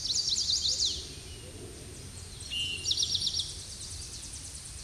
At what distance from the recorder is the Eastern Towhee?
about 15 m